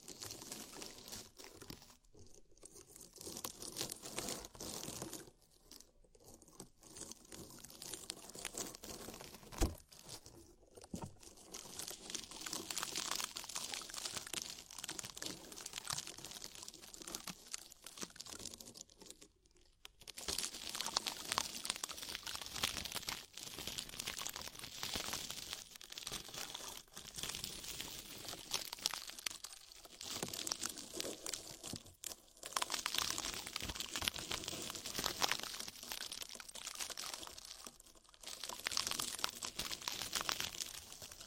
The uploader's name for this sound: Body oil massage and bubble bath